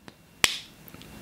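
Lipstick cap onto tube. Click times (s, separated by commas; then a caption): 0.4 s. The cap is pressed onto the tube of a MAC Lock Kiss long-wear, transfer-proof liquid lipstick and shuts with one sharp, bright click at 0.4 s, which rings out briefly, with faint small ticks around 0.1, 0.9 and 1.0 s. The cap seats fully, and the click matters because the lipstick dries out inside if it is not closed properly.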